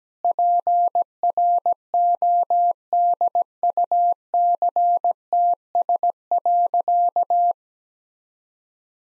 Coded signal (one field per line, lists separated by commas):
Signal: Morse code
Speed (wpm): 17 wpm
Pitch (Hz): 700 Hz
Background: none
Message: PRODUCTS.